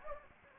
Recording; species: mosquito wingbeat signal from an infrared sensor; Anopheles gambiae